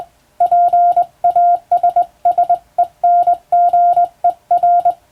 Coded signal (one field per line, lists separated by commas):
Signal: Morse code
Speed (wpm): 21 wpm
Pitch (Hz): 700 Hz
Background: none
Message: PASSENGER